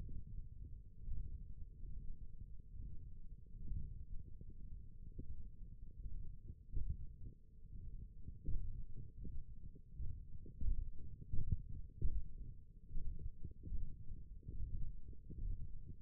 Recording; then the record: forearm muscle sounds (acoustic myography)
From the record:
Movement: thumb flexion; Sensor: system 1, eight BSWA MPA416 microphones around the upper forearm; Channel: 1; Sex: male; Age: 21 years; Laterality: right